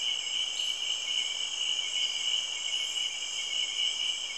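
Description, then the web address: Insect chorus: continuous high-pitched trilling at several pitches, unbroken throughout. In Cameroon, Africa. "BBC Sound Effects Library. Cameroun, Insects"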